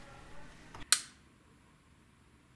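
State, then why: Seated. A spring-loaded metal slider, cut in half to show the inside, is fitted onto a plastic Digital Compact Cassette shell with its spring. After a faint tap at 0.8 s, a sharp, bright click at 0.9 s shows the slider spring has snapped into position and is seated correctly.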